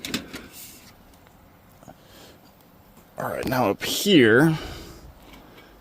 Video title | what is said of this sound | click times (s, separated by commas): New Construction Siding (Part 3) Birdbox and Fascia #sidinginstallation | hook my receiver in. You can feel it click. | 0.0 s, 0.1 s